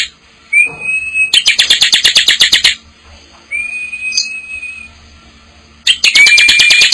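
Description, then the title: Bar-winged prinia: drawn-out, slightly rising whistles alternating with fast metallic rattling trills. From a collection of vigorously singing (gacor) birds and young birds. "Kicau Ciblek new - putri sherin"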